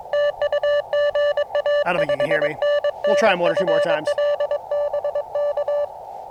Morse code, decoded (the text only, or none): TU GA 5NN FL BK